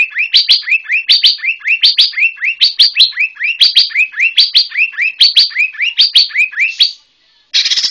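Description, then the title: White-rumped shama: one short whistled phrase repeated rapidly for about seven seconds, then a brief harsh noise. Bornean form (murai borneo). "MURAI BORNEO MAS KIKI"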